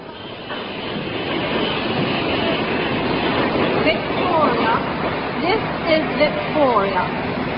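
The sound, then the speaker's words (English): The Continental Express train from Dover rolls into platform 5 of a station with a steady, loud rumbling roar, while faint high squeals and indistinct voices rise and fall through the noise. “train arriving at platform 5 is the best train from Dover.”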